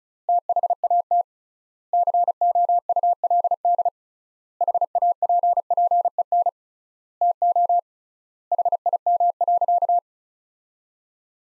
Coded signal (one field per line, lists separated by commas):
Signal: Morse code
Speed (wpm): 36 wpm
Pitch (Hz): 700 Hz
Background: none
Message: THAT COULD HAPPEN TO HIM.